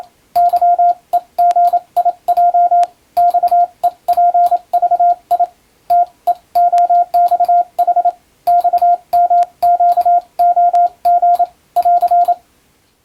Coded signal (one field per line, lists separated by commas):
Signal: Morse code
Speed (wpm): 27 wpm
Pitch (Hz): 700 Hz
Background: radio noise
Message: YEGIJ XEPVI TEOXH XMQOG <AR>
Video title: モールス受信練習用！アマチュア無線ハムの受信練習にYouTubeの再生速度を自分の好みに調整して毎日聴いてみよう！欧文ＣＷをエレキーで打っています(morse code learning)